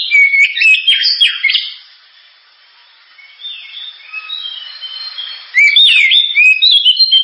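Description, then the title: Oriental magpie-robin song: a burst of sharp varied whistles, a quieter soft warbling stretch, then loud chirping phrases return. Constantly singing ('gacor'), sharp, very loud song, described as suited as a lure ('pancingan') to prompt other birds to sing. "Kacer Gacor Suara Tajam. Kacer Gacor Suara Super Kenceng Cocok untuk Pancingan"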